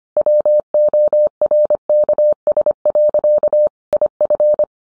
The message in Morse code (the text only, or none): WORKS. IF